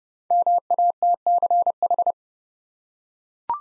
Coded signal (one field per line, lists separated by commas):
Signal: Morse code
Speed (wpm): 30 wpm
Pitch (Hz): 700 Hz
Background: none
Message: MATCH